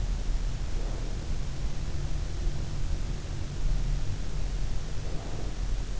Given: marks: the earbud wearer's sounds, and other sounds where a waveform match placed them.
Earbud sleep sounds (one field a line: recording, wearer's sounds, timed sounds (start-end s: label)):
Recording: sounds in sleep by an in-ear microphone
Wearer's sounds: breath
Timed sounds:
0.55-1.55 s: breath
4.77-6.00 s: breath